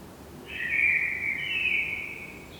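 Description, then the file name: Eurasian blackbird giving one sustained, mellow fluted phrase that wavers slightly. "Turdus merula"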